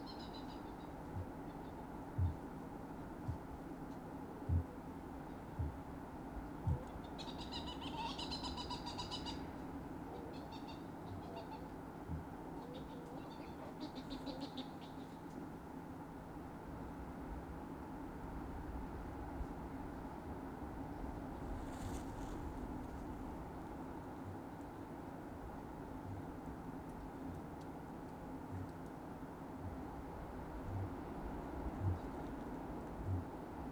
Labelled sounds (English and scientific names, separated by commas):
Kākāpō (Strigops habroptilus) boom